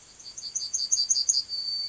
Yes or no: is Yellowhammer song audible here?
yes